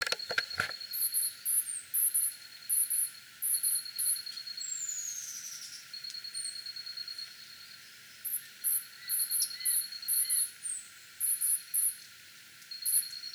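Black jacobin calls: very high, thin squeaky notes in short clustered bursts, repeated many times, with an intermittent high-pitched insect-like tone in the background.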